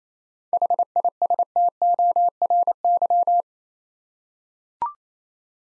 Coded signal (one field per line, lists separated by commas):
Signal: Morse code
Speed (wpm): 28 wpm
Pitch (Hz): 700 Hz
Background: none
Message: HISTORY